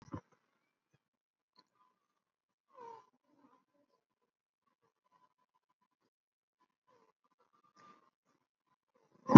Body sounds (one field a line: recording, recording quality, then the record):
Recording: shallow breathing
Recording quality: poor, much background noise or distortion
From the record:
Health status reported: COVID-19 positive, mild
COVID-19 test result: positive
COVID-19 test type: RT-PCR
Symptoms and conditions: cough, cold, breathing difficulty, fever, fatigue, muscle pain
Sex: male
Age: 80 years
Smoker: no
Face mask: worn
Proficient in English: no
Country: India